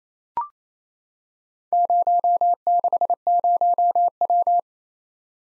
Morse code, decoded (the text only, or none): 060W